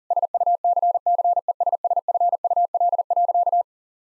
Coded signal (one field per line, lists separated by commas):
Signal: Morse code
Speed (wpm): 37 wpm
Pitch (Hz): 700 Hz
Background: none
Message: SUCCESSFUL.